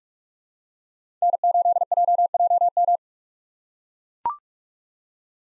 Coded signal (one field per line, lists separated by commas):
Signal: Morse code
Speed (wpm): 44 wpm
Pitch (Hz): 700 Hz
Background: none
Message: N8JJM